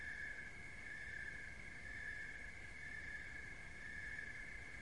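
Crickets sing a continuous shrill chorus that pulses lightly about once a second, over faint low-pitched background noise.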